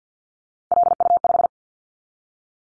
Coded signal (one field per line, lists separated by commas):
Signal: Morse code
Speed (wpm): 50 wpm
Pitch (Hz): 700 Hz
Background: none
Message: LU5